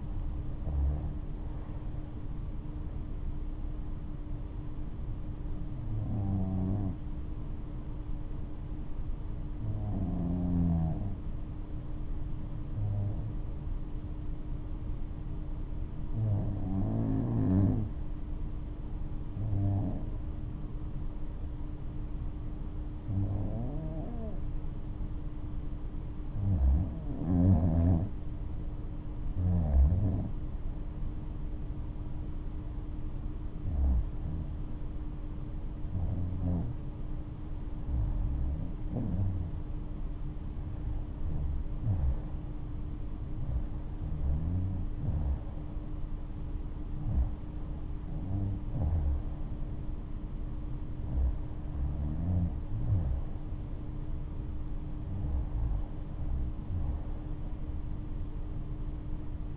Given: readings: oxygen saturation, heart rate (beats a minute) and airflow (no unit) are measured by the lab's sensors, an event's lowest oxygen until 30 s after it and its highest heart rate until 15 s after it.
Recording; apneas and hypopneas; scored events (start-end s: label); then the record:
breathing in sleep by a smartphone at the bedside; 1
8.00-28.30 s: hypopnea (REM, oxygen 97% highest, then 90% lowest, heart rate 70 at the start, 72 highest)
From the record:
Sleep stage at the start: REM sleep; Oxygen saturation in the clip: 90 to 97%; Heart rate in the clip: 58 to 76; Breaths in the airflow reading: 16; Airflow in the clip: -9.4 to 11.4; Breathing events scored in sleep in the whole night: 228 in 5.4 hours asleep